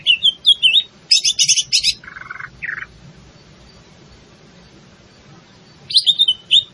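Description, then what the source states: Leafbird song: quick high whistled slurs, a fast chattering trill, then short harsh buzzy notes, before the whistles return. In full song, a singing style called gacor; Indonesian name cucak ijo.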